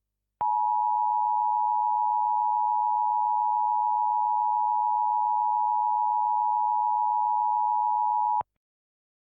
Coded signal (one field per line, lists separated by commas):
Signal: Emergency Alert System (SAME) tones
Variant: 853 and 960 Hz attention tone